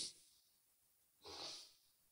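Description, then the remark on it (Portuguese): A wet, snorting sniff as a person turns their face away to pull mucus back into the nose while trying not to make much noise, a brief hiss at the start and then one stronger half-second snort, with quiet between and no talking. “Eu tiro a cara aqui pra poder puxar catarro pra dentro do nariz e não fazer tão barulho, tanto barulho.”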